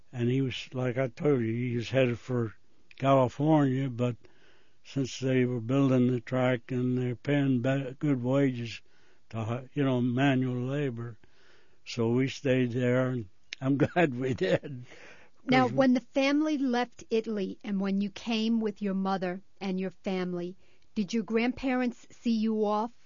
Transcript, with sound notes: and he was, like I told you, he was headed for California, but since they were buildin' the track and they were paying better, good wages to--you know, manual labor. So, we stayed there, and [laughing] I'm glad we did 'cause we...
Now, when the family left Italy, and when you came with your mother and your family, did your grandparents see you off?